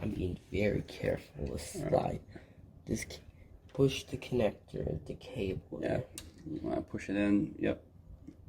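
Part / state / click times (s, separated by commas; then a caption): lock cable connector into the smart deadbolt interior unit socket / not seated / none. Someone talks while carefully handling the cable connector that links the outside and inside halves of an Ultraloq U-Bolt smart deadbolt lock, working it toward its socket in the interior unit. Only speech and faint handling noise are heard, and the connector has not clicked or seated yet.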